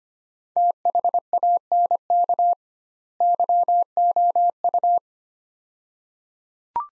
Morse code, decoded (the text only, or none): THANK YOU